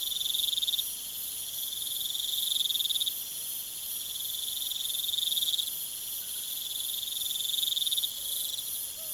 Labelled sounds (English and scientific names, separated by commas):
none